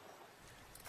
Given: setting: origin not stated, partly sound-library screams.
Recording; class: one-second piece from a danger detection set; normal situation